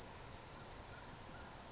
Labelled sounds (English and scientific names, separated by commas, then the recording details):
California Towhee (Melozone crissalis)
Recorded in Sonoma County, California